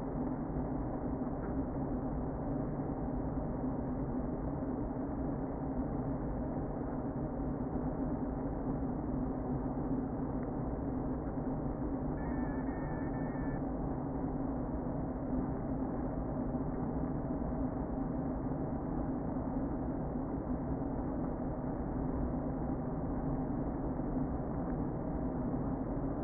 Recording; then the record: honeybee colony, microphone inside the hive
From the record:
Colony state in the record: queen present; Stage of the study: before two queens were removed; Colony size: about 60,000 bees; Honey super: yes